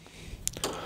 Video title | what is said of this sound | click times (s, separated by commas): B&O HOW TO: Replace Batteries in BeoRemote One | That slides back into the shell and clicks into place. | 0.5 s